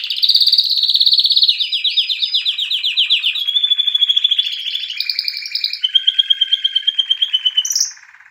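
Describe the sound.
Canary in full song, stringing rapid trills at changing pitches, with a steady whistled run and a lower buzzy roll near the end.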